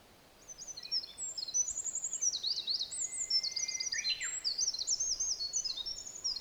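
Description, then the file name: Olive-backed Pipit singing a rapid, continuous stream of very high buzzy trills and sharp twitters, changing pitch from phrase to phrase, with a lower sliding note midway. Recorded at Mt Hinoki. "Indian Tree Pipit At Mt Hinoki"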